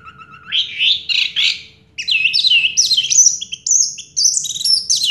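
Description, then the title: Orange-headed thrush song: a low whistle rising into a stream of varied, high, sliding whistled notes and squeaky phrases. Sound used to prompt a silent orange-headed thrush to sing. "Anis Merah Macet.. Pancing Dengan Suara Ini.. # Anis Merah"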